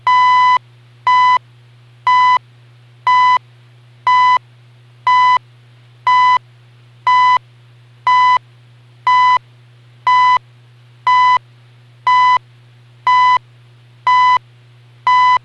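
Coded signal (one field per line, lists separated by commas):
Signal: radio time signal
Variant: CHU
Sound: short 1 kHz beep every second, about 15 beeps, over a low hum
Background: low mains hum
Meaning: Each beep marks one second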